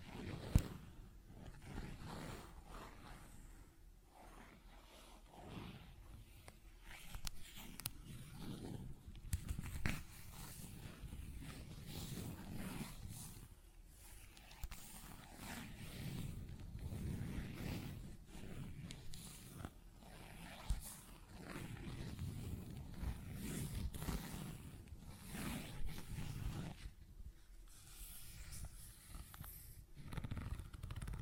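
Tapping, scratching and zipper sounds play out as a dense, rustling low-to-mid texture that swells and eases throughout. Sharp taps stand out now and then, near the start and around 10, 14, 20 and 29 seconds, with brighter scratchy bursts toward the end.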